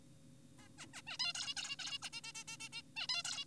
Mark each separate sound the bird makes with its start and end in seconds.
0.59-0.68, 0.78-0.86, 0.94-1.02, 1.07-1.17, 1.20-1.33, 1.35-1.54, 1.57-1.76, 1.79-1.98, 2.02-2.09, 2.13-2.21, 2.24-2.32, 2.35-2.44, 2.48-2.57, 2.60-2.69, 2.73-2.82, 2.97-3.07, 3.09-3.23, 3.25-3.45